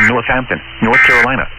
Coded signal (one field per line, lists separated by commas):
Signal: Emergency Alert System (SAME) tones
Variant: end-of-message bursts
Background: speech